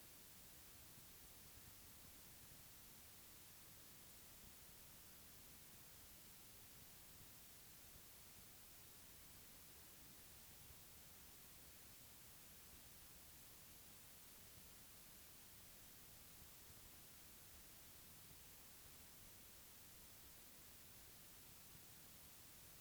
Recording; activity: daily activity, guitar pickup as the sensor; lie down